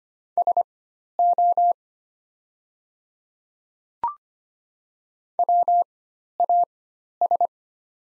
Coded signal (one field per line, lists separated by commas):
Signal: Morse code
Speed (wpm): 25 wpm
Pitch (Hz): 700 Hz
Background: none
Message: SO WAS